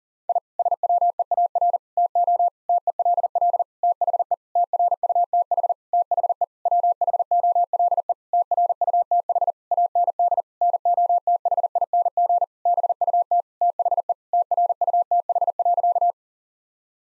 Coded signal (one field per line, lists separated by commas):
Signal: Morse code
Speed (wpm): 40 wpm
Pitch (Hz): 700 Hz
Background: none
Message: I SWEAR TO TELL THE TRUTH THE WHOLE TRUTH AND NOTHING BUT THE TRUTH.